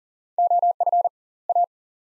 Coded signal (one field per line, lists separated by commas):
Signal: Morse code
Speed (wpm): 40 wpm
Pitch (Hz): 700 Hz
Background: none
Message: OF A